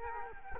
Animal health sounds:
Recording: mosquito wingbeat signal from an infrared sensor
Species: Culex quinquefasciatus

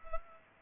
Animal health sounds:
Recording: mosquito wingbeat signal from an infrared sensor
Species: Culex pipiens

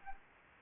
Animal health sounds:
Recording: mosquito wingbeat signal from an infrared sensor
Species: Anopheles arabiensis

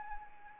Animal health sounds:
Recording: mosquito wingbeat signal from an infrared sensor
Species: Anopheles arabiensis

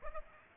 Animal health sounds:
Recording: mosquito wingbeat signal from an infrared sensor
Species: Aedes aegypti

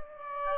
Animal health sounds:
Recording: mosquito wingbeat signal from an infrared sensor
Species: Aedes aegypti

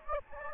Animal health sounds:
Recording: mosquito wingbeat signal from an infrared sensor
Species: Anopheles gambiae

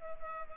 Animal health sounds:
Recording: mosquito wingbeat signal from an infrared sensor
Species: Culex pipiens

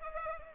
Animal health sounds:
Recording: mosquito wingbeat signal from an infrared sensor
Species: Culex pipiens

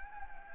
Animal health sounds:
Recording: mosquito wingbeat signal from an infrared sensor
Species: Anopheles gambiae

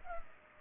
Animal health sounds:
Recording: mosquito wingbeat signal from an infrared sensor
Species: Culex pipiens

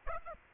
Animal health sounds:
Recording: mosquito wingbeat signal from an infrared sensor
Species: Aedes aegypti

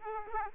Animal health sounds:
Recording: mosquito wingbeat signal from an infrared sensor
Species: Aedes aegypti

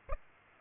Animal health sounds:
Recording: mosquito wingbeat signal from an infrared sensor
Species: Aedes aegypti

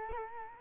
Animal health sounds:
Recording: mosquito wingbeat signal from an infrared sensor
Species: Culex quinquefasciatus

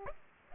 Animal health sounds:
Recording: mosquito wingbeat signal from an infrared sensor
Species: Aedes aegypti

